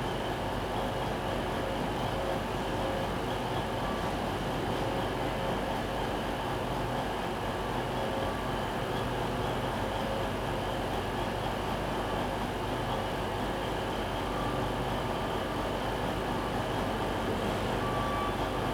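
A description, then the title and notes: A busy railway station hall, thick with a steady, unbroken roar of trains and machinery. A low rumble runs underneath while brief tonal whines and squeals surface now and then. The level stays constant throughout, with no clear pauses. Recorded at Newcastle's Central Station. Recorded at 18:12 approx.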